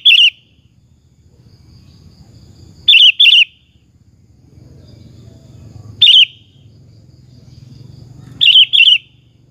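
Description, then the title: Sooty-headed bulbul singing short, loud, bubbly phrases of one or two notes, repeated about every three seconds over a low background hum. "Kutilang"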